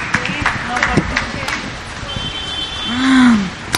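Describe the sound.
An audience claps steadily for the Lord for a few seconds at the end of a class, a dense wash of hand claps with scattered sharper hits, and a voice briefly calls out over the applause near the end.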